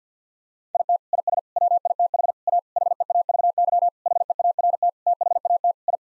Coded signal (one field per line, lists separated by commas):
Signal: Morse code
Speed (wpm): 50 wpm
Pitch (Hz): 700 Hz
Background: none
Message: IT IS WITH A HEAVY HEART THAT I